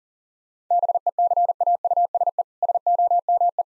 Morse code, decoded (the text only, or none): BECAUSE SOME